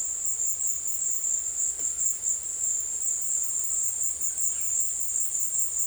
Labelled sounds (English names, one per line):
none